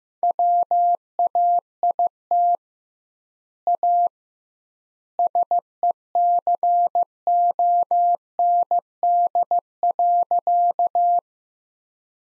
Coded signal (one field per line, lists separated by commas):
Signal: Morse code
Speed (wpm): 15 wpm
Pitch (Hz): 700 Hz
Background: none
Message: WAIT A SECOND.